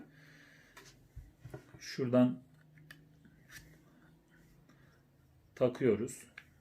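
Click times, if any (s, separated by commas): none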